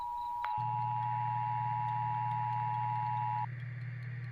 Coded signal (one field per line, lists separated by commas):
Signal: Emergency Alert System (SAME) tones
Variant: 853 and 960 Hz attention tone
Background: music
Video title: [EAS Catch 12] Civil Emergency Message for Aitkin, MN Due to Wildfire on Great River Road